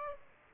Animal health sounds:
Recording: mosquito wingbeat signal from an infrared sensor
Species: Aedes aegypti

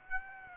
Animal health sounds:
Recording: mosquito wingbeat signal from an infrared sensor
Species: Aedes aegypti

